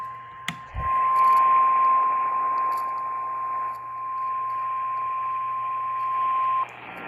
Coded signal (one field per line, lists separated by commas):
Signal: Emergency Alert System (SAME) tones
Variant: 1050 Hz attention tone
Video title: EAS 474 - SVR for Claiborne, Lincoln, Union LA on KWKH